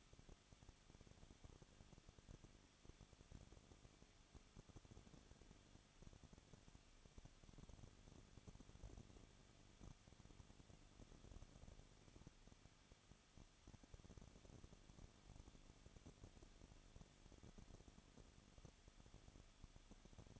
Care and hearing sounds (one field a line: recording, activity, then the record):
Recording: daily activity, microphone in the room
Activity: no activity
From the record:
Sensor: 4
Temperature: 23.1 degrees Celsius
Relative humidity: 34.7%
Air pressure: 1007.2 hPa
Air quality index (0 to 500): 214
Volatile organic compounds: 15 ppm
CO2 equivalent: 2483 ppm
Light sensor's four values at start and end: 2/3/1/1 and 2/3/1/1